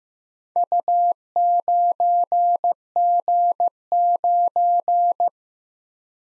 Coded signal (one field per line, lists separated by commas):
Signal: Morse code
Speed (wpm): 15 wpm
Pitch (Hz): 700 Hz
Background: none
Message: U9G9